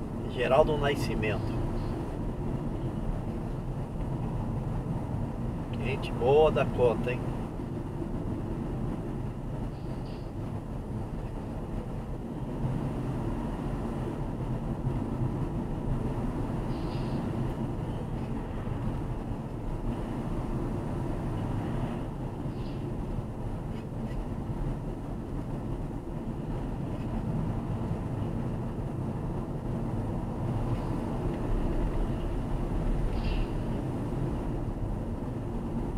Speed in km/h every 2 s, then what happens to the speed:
50, 51, 54, 50, 46, 48, 49, 50, 50, 50, 46, 47, 47, 51, 54, 51, 48, 50.
0-5 steady at about 51. 5-7 brakes to 46. 7-22 steady at about 48. 22-28 speeds up to 54. 28-36 steady at about 50.